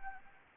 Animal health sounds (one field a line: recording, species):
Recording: mosquito wingbeat signal from an infrared sensor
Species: Anopheles arabiensis